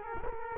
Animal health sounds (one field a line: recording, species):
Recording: mosquito wingbeat signal from an infrared sensor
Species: Culex quinquefasciatus